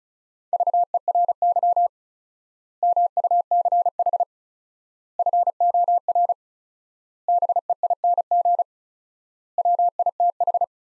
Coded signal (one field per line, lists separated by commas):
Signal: Morse code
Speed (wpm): 34 wpm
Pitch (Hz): 700 Hz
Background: none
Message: VERY MUCH FOR BEING WITH